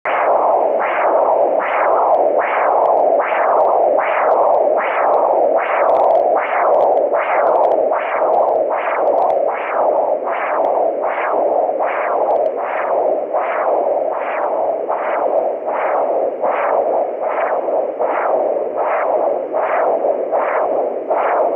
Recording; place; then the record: Doppler ultrasound of blood flow; carotid artery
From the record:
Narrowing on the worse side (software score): occlusion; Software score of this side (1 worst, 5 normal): 1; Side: left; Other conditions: anemia, on hemodialysis, gangrene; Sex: female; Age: 52 years